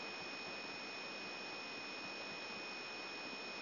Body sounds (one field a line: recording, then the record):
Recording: brain microelectrode recording played as sound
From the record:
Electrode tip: inside the subthalamic nucleus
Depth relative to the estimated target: 2.5 mm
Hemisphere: right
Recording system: AlphaMap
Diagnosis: Parkinson's disease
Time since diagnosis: 14 years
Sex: male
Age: 66 years